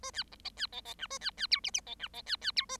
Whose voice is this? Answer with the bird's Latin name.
Lonchura striata domestica